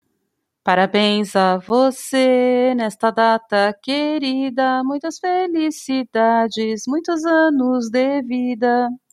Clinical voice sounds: short text; Brazilian Portuguese; female; 50 to 59 years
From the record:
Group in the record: control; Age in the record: 54 years

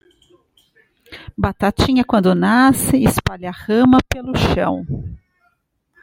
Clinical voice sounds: short text; Brazilian Portuguese; female; 40 to 49 years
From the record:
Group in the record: control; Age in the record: 41 years

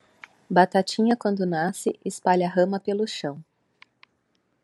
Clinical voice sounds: short text; Brazilian Portuguese; female; 30 to 39 years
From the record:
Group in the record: control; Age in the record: 35 years

